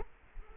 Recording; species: mosquito wingbeat signal from an infrared sensor; Culex quinquefasciatus